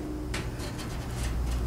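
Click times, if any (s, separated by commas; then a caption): 0.3 s. A tuba piston valve sitting in its metal casing is slowly rotated until its guide drops into the casing slot with a sharp click at 0.4 s. The valve is then seated.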